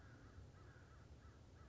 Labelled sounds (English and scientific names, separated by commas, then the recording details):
American Crow (Corvus brachyrhynchos)
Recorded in Sonoma County, California